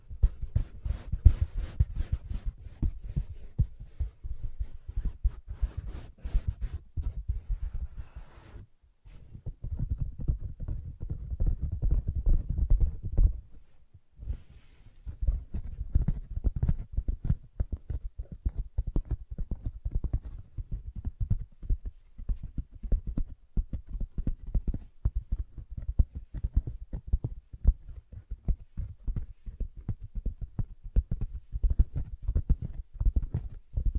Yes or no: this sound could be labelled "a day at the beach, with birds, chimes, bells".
no